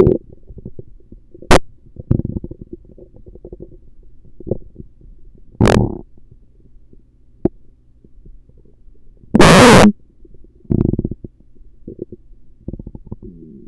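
Low, irregular gurgling and rumbling with bubbly crackles comes in bursts from an adult abdomen over about fourteen seconds, along with a few sharp clicks and one loud hissing rush of noise. These are ordinary stomach rumbles and gurgles, the audible movement of gas and fluid through the gut.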